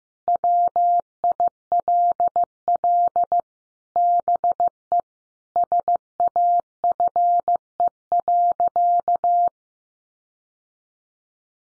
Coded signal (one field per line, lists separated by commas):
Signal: Morse code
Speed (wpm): 15 wpm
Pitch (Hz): 700 Hz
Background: none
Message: WILL BE SAFE.